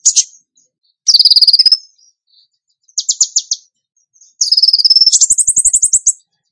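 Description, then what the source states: Bird song: short bursts of rapid high trilled notes with pauses, the last burst rising in pitch into a shrill rattle. Training track (masteran) of a songbird in the tembakan gacor song style.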